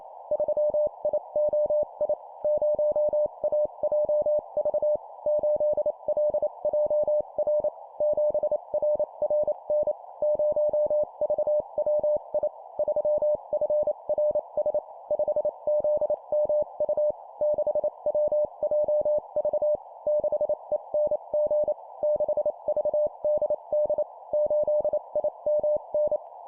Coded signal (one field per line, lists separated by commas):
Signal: Morse code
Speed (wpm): 28 wpm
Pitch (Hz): 600 Hz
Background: none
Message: 3IOI 0AJV 8LJR 7RRN 0VWI 3FRS 5ZMU 6WJV 6ENG 6VDD 8IMN